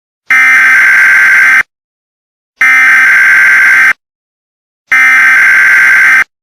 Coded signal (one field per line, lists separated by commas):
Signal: Emergency Alert System (SAME) tones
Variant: header bursts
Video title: Severe Derecho | EAS Scenario